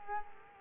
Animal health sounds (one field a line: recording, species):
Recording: mosquito wingbeat signal from an infrared sensor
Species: Culex quinquefasciatus